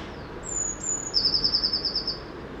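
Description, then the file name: Eurasian blue tit giving two thin, high-pitched notes followed by a fast, evenly pulsed trill a little lower in pitch, with faint background hiss. "Cyanistes caeruleus"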